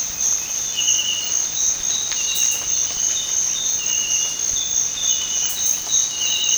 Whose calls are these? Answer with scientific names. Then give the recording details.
none. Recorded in dense forest near Puerto Asís, Putumayo, Colombia, on 18 February 2024 at 06:00. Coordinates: 0.472, -76.329. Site G6394